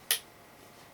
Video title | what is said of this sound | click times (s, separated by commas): MAGPUL M93 M93B STOCK INSTALLATION ON THE AR-15 PLATFORM M4 | that time it actually pretty much snapped right in and I just kind of | 0.1 s